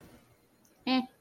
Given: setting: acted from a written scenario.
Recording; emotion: vocal sound without words; neutral